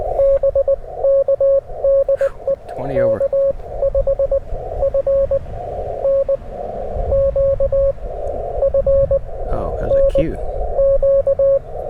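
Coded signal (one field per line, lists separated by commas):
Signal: Morse code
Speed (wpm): 19 wpm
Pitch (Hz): 560 Hz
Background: speech, radio noise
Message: BK DE K5FNQ FNQ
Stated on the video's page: Straight-key QRP Morse during a windy Parks on the Air activation, using a QMX and then an FT-891 transceiver.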